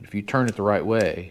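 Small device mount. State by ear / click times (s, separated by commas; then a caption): not seated / none. An Insta360 Ace Pro action camera is handled and turned the right way around over its magnetic quick-release accessory mount, which holds it with two spring hooks released by push buttons on either side. Someone talks throughout, with no distinct clicks. The camera has not yet seated or clicked into the mount.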